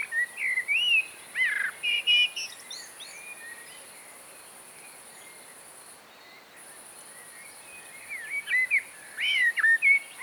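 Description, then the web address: Common blackbird song: low fluted warbling phrases followed by higher squeaky twitters, one phrase at the start and another near the end after a quiet pause, over a steady high hiss. "ocells Mirlo-comun"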